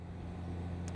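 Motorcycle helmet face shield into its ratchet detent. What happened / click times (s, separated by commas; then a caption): A plastic visor detent clicks into position / 0.9 s. A rider on a Honda Gold Wing lowers the plastic face shield of a Sena Phantom motorcycle helmet and sets it one detent up from fully closed, leaving a small venting gap. A steady low vehicle drone plays throughout, and a short, sharp click comes at 0.9 s. The shield seats in its ratchet detent, which holds it in position.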